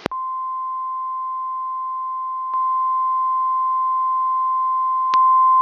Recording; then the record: brain microelectrode recording played as sound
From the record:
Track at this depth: outside the subthalamic nucleus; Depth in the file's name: 5.001 mm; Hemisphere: right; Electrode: 3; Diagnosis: Parkinson's disease